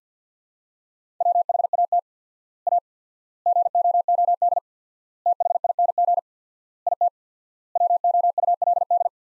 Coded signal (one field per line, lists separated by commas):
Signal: Morse code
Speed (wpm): 50 wpm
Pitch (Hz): 700 Hz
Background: none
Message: WHAT A GOOD THING IT WOULD